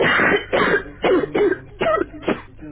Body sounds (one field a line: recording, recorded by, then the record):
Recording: voluntary cough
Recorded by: telephone call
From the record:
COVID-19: positive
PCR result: self-reported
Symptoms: no